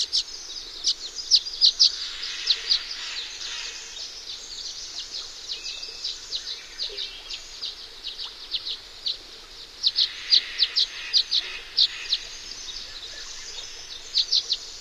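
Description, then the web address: Violet-green swallow twittering: high, thin chips scattered through, with dense clusters near the start and a quick run of sharp notes after the midpoint. "Songs of Birds of North America Know Your Bird Sounds Common Western Species 44-Violet-green Swallow"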